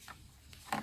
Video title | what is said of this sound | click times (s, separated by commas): How to remove the harness from a Britax Romer Evolva Car Seat | And so what we need to do is just fit that in there, and that clicks into place. | 0.7 s